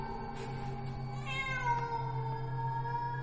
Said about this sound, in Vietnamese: Lại là nó, lại là tiếng của con mèo kêu lên.